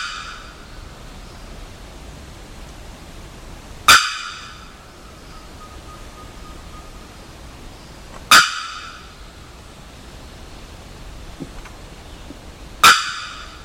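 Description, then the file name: Bearded bellbird producing three isolated, very loud metallic bocks about four and a half seconds apart, with a faint thin ringing tone between the first two. Recorded 27 October 2001. "2001-10-27 Bearded Bellbird"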